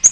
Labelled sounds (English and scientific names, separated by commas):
Yellow-rumped Warbler (Setophaga coronata) flight call